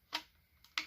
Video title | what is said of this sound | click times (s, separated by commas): Live streaming of Shenandoah SewandVac | Locks into place. | 0.8 s